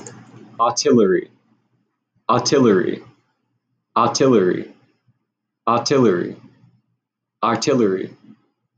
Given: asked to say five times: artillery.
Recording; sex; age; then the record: repeated word; male; 20 to 29 years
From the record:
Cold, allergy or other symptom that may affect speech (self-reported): no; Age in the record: 29 years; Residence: Massachusetts, United States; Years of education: 16